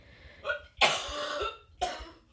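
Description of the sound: Three coughs in quick succession from an adult woman: a soft short one, then a longer, forceful, harsh burst of nearly a second, then a final sharper cough that trails off. These are plain, dry-sounding coughs, with no wheeze or words between them.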